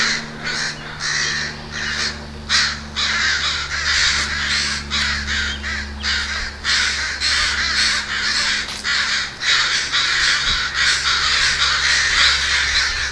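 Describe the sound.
Many crows giving loud, raspy caws in rapid, irregular bursts that overlap constantly, over a faint low droning hum.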